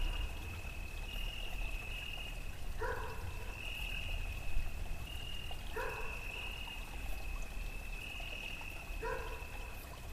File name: Wasser Mi Fa Zikaden Hund und Wind hall